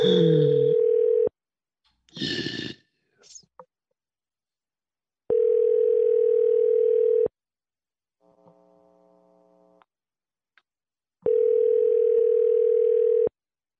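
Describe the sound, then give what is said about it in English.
A repeated telephone call ringing through on the line, its third attempt: three loud, steady, buzzy ring tones of about two seconds each, separated by pauses, with a fainter tone and brief clatter in between. “Whoever it is, it's ringing through.”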